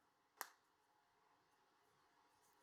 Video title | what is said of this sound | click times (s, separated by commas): 2022 -2025 Pathfinder 15k service | you go ahead and close it back up not hard to do you'll hear a snap | 0.4 s